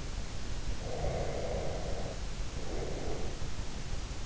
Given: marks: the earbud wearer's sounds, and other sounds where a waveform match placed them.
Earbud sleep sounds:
sounds in sleep by an in-ear microphone; breath
0.77-3.37 s: breath

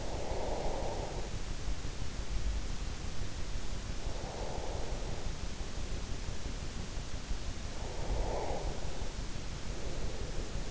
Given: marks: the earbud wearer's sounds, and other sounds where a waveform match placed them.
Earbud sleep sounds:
sounds in sleep by an in-ear microphone; breath
0.00-1.32 s: breath
4.10-7.00 s: breath
7.80-10.71 s: breath

